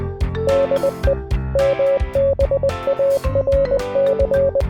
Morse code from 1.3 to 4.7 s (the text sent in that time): MBARC